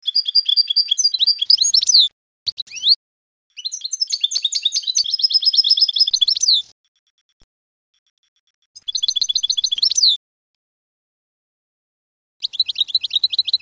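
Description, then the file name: Canary singing several phrases of fast, high-pitched trills and rolling notes, with quiet pauses between them. "Canary Voice"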